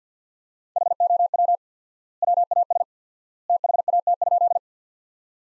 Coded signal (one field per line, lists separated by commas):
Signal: Morse code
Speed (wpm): 50 wpm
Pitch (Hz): 700 Hz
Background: none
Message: HOW WAS THAT?